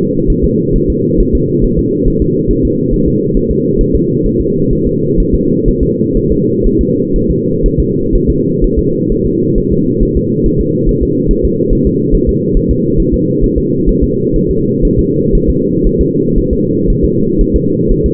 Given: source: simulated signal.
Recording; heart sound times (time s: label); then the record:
fetal heart sounds
0.30 s: S1
0.44 s: S2
0.76 s: S1
0.90 s: S2
1.20 s: S1
1.35 s: S2
1.64 s: S1
1.79 s: S2
2.08 s: S1
2.22 s: S2
2.51 s: S1
2.65 s: S2
2.94 s: S1
3.08 s: S2
3.37 s: S1
3.51 s: S2
3.81 s: S1
3.95 s: S2
4.26 s: S1
4.41 s: S2
4.73 s: S1
4.87 s: S2
5.20 s: S1
5.34 s: S2
5.68 s: S1
5.83 s: S2
6.17 s: S1
6.32 s: S2
6.66 s: S1
6.81 s: S2
7.16 s: S1
7.30 s: S2
7.66 s: S1
7.80 s: S2
8.15 s: S1
8.30 s: S2
8.64 s: S1
8.79 s: S2
9.12 s: S1
9.26 s: S2
9.58 s: S1
9.72 s: S2
10.03 s: S1
10.17 s: S2
10.46 s: S1
10.61 s: S2
10.89 s: S1
11.03 s: S2
11.31 s: S1
11.45 s: S2
11.73 s: S1
11.87 s: S2
12.14 s: S1
12.29 s: S2
12.57 s: S1
12.71 s: S2
13.00 s: S1
13.14 s: S2
13.44 s: S1
13.58 s: S2
13.89 s: S1
14.04 s: S2
14.36 s: S1
14.51 s: S2
14.85 s: S1
14.99 s: S2
15.35 s: S1
15.50 s: S2
15.86 s: S1
16.01 s: S2
16.38 s: S1
16.53 s: S2
16.90 s: S1
17.05 s: S2
17.41 s: S1
17.56 s: S2
17.91 s: S1
18.06 s: S2
From the record:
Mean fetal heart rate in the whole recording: 130 bpm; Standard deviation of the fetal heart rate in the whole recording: 4 bpm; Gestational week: 38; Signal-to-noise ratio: -11.2 dB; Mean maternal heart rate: 72 bpm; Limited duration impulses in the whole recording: present